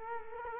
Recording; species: mosquito wingbeat signal from an infrared sensor; Culex quinquefasciatus